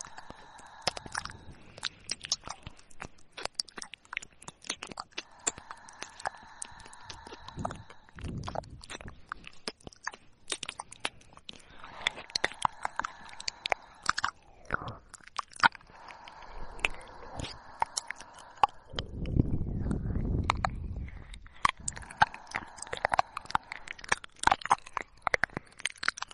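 Mouth sounds: a dense, irregular run of wet clicks, smacks and tongue pops fills the whole stretch. Soft hissy, breathy passages come and go behind them, and around 19–21 seconds a low blowing rumble swells up briefly.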